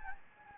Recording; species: mosquito wingbeat signal from an infrared sensor; Anopheles gambiae